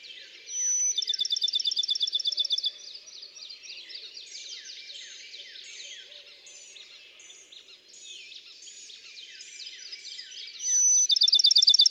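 Bachman's sparrow sings a pure whistle and a fast, even trill, then softer varied twitters, before the whistle and trill return at the end.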